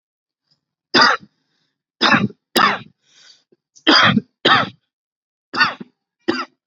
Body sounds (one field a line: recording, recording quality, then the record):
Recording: heavy voluntary cough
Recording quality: excellent, no background noise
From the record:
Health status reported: healthy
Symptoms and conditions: none ticked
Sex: male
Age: 20 years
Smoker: not ticked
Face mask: not worn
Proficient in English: yes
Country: India